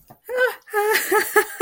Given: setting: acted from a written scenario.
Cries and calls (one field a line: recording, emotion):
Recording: vocal sound without words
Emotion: amusement